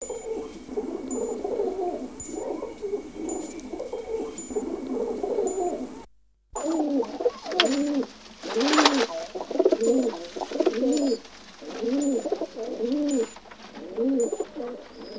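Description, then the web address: Pigeon cooing: low, soft rolling coos in steady repeated phrases about once a second, with a brief silent break partway and faint high ticking sounds behind. "Taube"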